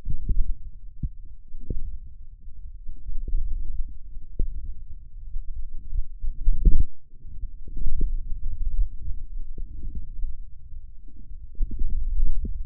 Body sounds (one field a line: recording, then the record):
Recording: forearm muscle sounds (acoustic myography)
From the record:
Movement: hand closing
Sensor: system 1, eight BSWA MPA416 microphones around the upper forearm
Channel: 8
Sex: male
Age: 20 years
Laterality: left